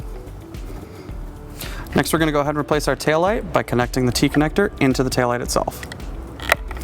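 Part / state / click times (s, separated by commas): trailer wiring T-connector into tail light connector / seated / 6.5 s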